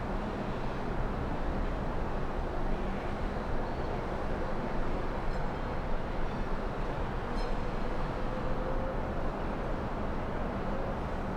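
Melbourne's Docklands from the 29th floor: a steady, dense city roar of traffic, with a faint passing tone and two brief clicks midway.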